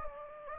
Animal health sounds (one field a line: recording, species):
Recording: mosquito wingbeat signal from an infrared sensor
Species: Anopheles gambiae